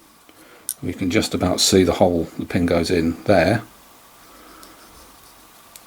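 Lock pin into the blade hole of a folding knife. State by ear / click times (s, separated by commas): seated / 5.8 s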